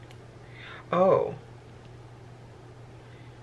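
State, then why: Not seated. A black plastic cord stopper tip is being handled and twisted toward a hook that it twist-locks into. A faint tick near 0.1 s and a steady low hum are heard, and someone talks briefly around 0.9 to 1.4 s. Nothing has seated or clicked yet; the tip is not home by the end of the clip.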